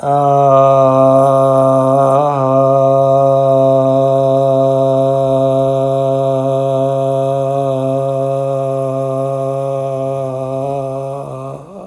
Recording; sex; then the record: sustained vowel /a/; male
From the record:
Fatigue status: no fatigue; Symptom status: asymptomatic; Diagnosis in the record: COVID-19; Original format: m4a